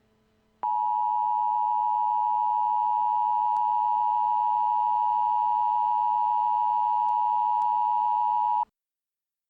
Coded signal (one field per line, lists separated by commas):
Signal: Emergency Alert System (SAME) tones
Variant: 853 and 960 Hz attention tone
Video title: EAS Scenario: Detroit Industrial Fire